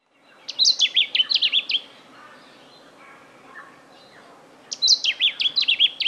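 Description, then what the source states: Lemon-bellied flyrobin song: two bright phrases of quick, sweet whistled notes that jump up and down, separated by about three seconds of quiet with faint background chirps. Recorded in Papua New Guinea.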